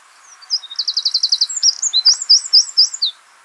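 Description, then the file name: Eurasian wren song: a loud, high, rapid burst opening with a fast even trill of ringing notes, then a run of sharp, bouncing, repeated whistled phrases, lasting about two and a half seconds. "Troglodytes troglodytes 190320"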